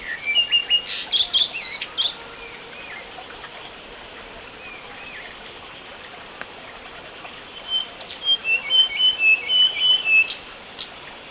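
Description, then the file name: Chinese blue flycatcher giving two bursts of high, quick warbled notes separated by a long pause, with faint background hiss. Recorded between Ya'an and Wawu, Sichuan, China, on 5 June 2011. "Chinese Blue Flycatcher Yaan To Wawu Sichuan 5 June 2011 Jvd W"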